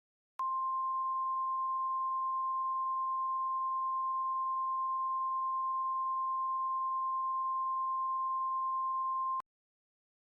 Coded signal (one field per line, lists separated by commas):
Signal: Emergency Alert System (SAME) tones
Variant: 1050 Hz attention tone